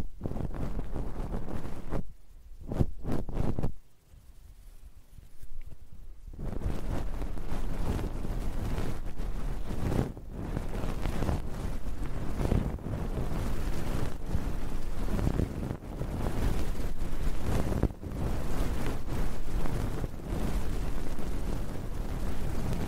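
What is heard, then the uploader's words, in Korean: Ear cleaning with a metal ear pick: dense scratching and rustling with a low muffled rumble, like the mic being rubbed. Around two to six seconds it drops nearly silent except for a few short scrapes, then steady, busy scraping resumes with frequent sharper strokes. ASMR 편안한 쇠 귀이개 귀청소 시간.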